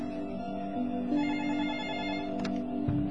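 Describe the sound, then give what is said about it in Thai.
A telephone rings with an incoming call, a steady, melodic electronic tone, sustained pitched notes repeating over a low background hum, with no voices. “ญาติโยมก็เดี๋ยวอย่างไรมีโทรศัพท์เข้ามานะก็เดี๋ยวจะขอรับโทรศัพท์ก่อนกันแล้วกันก่อนที่จะเข้าสู่รายการกันแล้วกันนะคุณโยมนะ”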